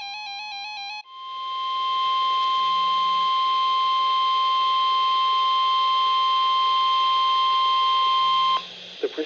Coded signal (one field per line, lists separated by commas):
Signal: Emergency Alert System (SAME) tones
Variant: 1050 Hz attention tone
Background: music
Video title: RadioShack 12-521 Required Weekly Test EAS | NOAA Weather Radio WXK24 (1/18/23)